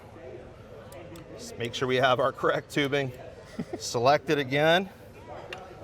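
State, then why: Seated. Someone talks while setting the correct tubing size on a cordless NTB7L power tube bender for copper tubing. The tubing size guide is moved into place and clicks home with a sharp, satisfying pop at 5.5 s, seating the selector in position.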